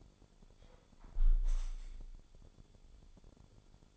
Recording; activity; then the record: daily activity, microphone in the room; close window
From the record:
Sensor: 5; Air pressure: 1015.0 hPa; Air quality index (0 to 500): 95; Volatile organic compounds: 2 ppm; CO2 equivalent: 1023 ppm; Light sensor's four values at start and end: 35/80/32/31 and 35/80/32/31